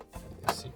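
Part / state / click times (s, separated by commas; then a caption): game cartridge into console cartridge slot / not seated / none. A plastic Japanese game cartridge is pushed into the cartridge slot of an American Super Nintendo, with a faint tap near the start and a sharp, bright knock at 0.5 s as it stops against the slot's tabs. The cartridge is blocked and does not go in, so nothing has seated or clicked yet.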